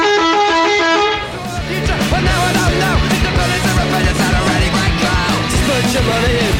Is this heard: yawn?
no